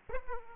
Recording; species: mosquito wingbeat signal from an infrared sensor; Aedes aegypti